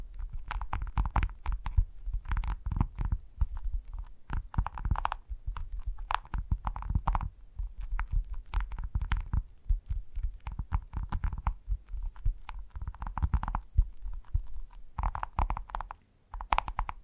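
Gentle tapping goes on almost without pause, a dense run of soft, muffled knocks that are heavy in the low end. Some stretches come in quicker clusters with a brighter edge, and the tapping briefly falls quiet near the end before resuming.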